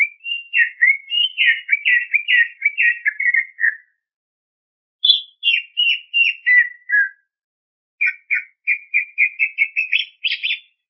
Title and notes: Kicau Burung Cucak Ijo Juara. Suara kicauan burung cucak ijo